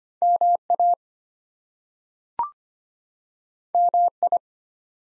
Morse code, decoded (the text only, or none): MA MI